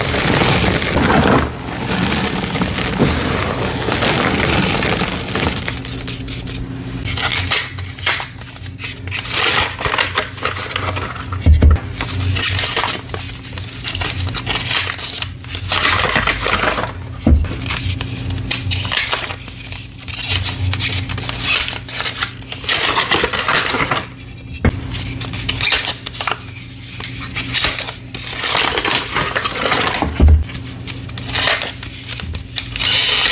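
Gym chalk blocks being crushed and worked, with a steady stream of dry grinding, scraping and crumbling textures. Irregular bursts of bright crunching come every second or two, with sharper knocks near 12 and 30 seconds over a constant low hum.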